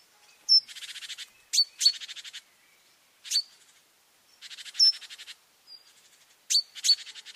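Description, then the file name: Great tit churr calls: harsh buzzy rattles broken by sharp, bright high notes, several bursts in quick succession. "Parus major"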